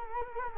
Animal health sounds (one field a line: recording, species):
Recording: mosquito wingbeat signal from an infrared sensor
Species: Culex quinquefasciatus